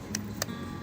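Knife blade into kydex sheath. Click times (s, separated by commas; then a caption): 0.2 s, 0.4 s. A knife blade is pushed back into a self-made kydex sheath with a thumb pressed on the spine, and it snaps in firmly. Two sharp clicks land at 0.2 s and 0.4 s over a steady low hum, and the knife ends up seated in the sheath.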